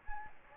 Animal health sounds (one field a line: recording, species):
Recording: mosquito wingbeat signal from an infrared sensor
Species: Anopheles gambiae